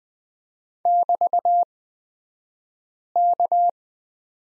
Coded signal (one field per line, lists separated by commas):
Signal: Morse code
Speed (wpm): 20 wpm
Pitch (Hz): 700 Hz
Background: none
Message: <BT>K